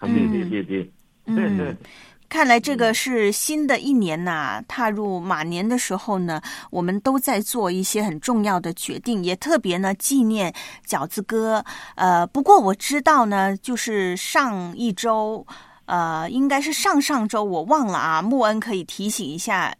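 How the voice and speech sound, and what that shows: A woman speaks Mandarin fluently at a lively conversational pace, with clear, well-voiced speech, varied intonation and only brief natural pauses. Articulation and voice quality are ordinary, consistent with normal adult speech in a quiet indoor setting.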